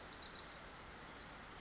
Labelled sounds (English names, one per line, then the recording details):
Bewick's Wren
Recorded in Sonoma County, California